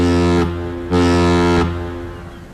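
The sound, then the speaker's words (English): A deep, rich ship horn sounds two loud blasts signalling a boat's departure, the first short and the second longer and brighter, leaving a low droning tail that slowly fades away. “Boats do not wait for people.”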